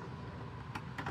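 A plastic cap is pressed down over a cable seated in its channel on a 3D-printed lap timer case, with small clicks at 0.8 s and 1.0 s as it snaps into place. The cap captures the cable, and it is seated.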